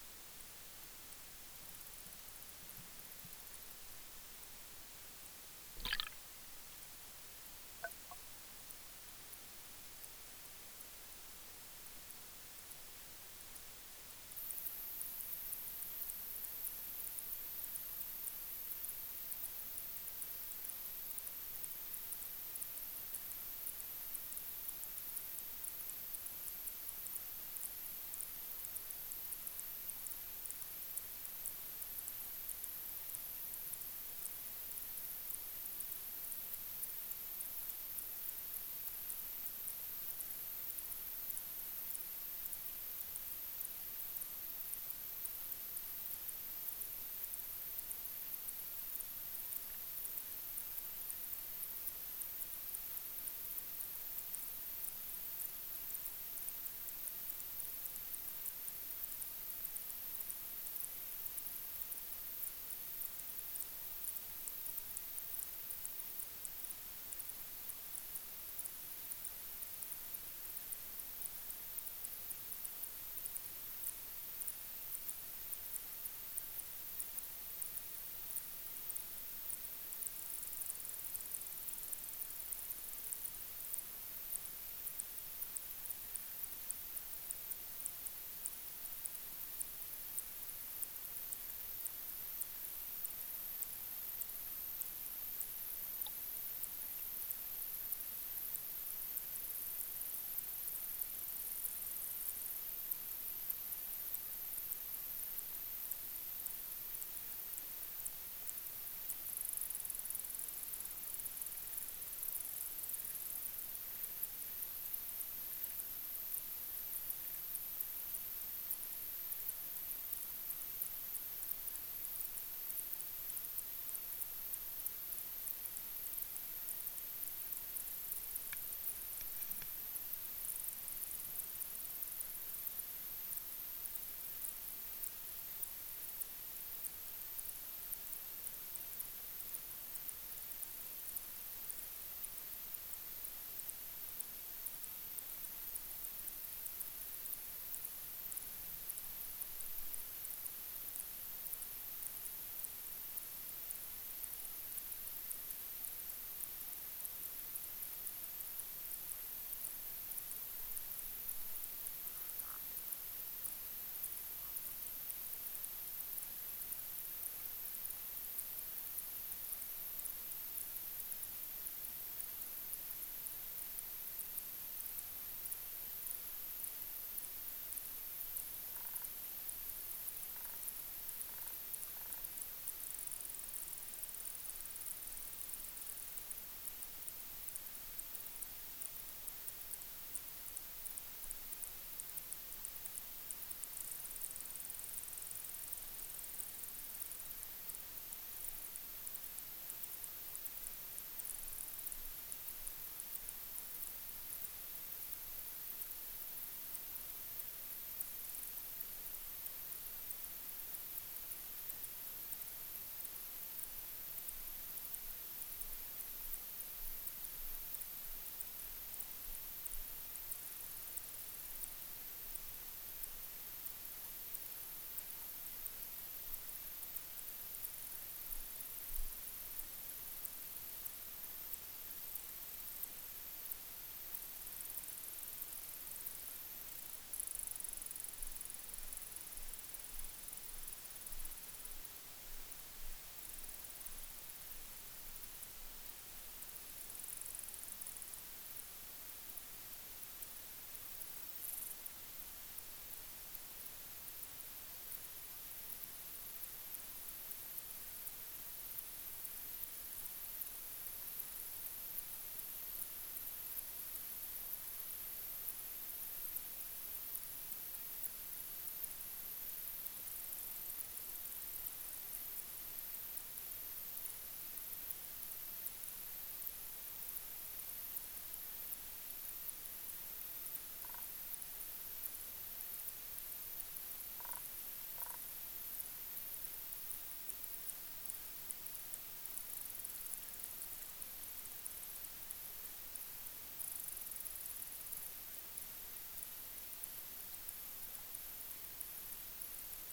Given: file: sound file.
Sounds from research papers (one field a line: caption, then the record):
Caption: Sound recording sample from RT2 field site. Example of sound recording (5min) from Rai Son Thon Reservoir (RST2) presenting biological activity (eg. high-pitched insect calls) and cavitation sounds. The ambient sounds were recorded using a hydrophone (Brüel & Kjær 8104) connected to a hand-held sound level meter with sound recording function (Brüel & Kjær 2250).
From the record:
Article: Exploring freshwater soundscapes of tropical marshland habitats in Southeast Asia: insights into auditory sensory adaptation of wild Siamese fighting fish Betta splendens